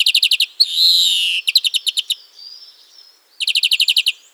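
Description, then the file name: European greenfinch song: fast twittering trills, one drawn-out nasal wheeze, then more trills and a faint thin whistle before a final rapid run of chirps. "carduelis chloris"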